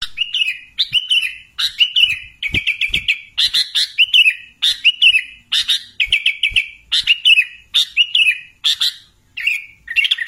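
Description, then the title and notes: Sooty-headed bulbul in steady song, short bubbly warbled phrases following each other closely, several each few seconds. "Kicau Burung Kutilang"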